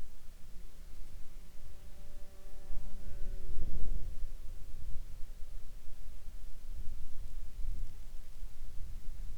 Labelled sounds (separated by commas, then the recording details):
wind, insects
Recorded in the Arctic National Wildlife Refuge, Alaska, on 17 July 2021 at 11:39
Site 40